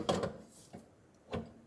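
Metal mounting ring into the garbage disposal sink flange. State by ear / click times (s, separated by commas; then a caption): seated / 0.1 s. A metal mounting ring, squeezed on either side, is fitted into the garbage disposal's sink flange assembly under the sink and snaps into place with a single sharp snap at 0.1 s. Fainter knocks follow at about 0.7 s and 1.3 s. The ring is seated.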